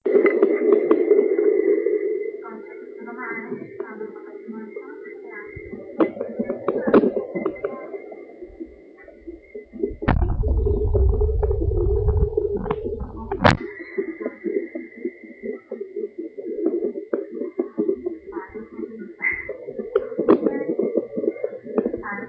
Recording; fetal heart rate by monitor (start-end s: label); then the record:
fetal heart sounds by stethoscope on the mother's abdomen
0.00-10.00 s: 150 bpm
10.00-20.00 s: 140 bpm
From the record:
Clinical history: decreased amniotic fluid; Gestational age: 29 weeks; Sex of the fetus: boy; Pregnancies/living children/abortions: 1/0/0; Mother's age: 24 years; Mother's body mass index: 23.7